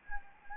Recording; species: mosquito wingbeat signal from an infrared sensor; Anopheles arabiensis